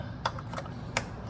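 A three-wire plastic electrical connector is re-pushed onto its engine socket on a 2017 Hyundai Elantra during a spark plug change. Light plastic taps and rattles sound near 0.3 and 0.4 seconds, then a sharp click at 1.0 seconds. The connector clicks in and is confirmed seated.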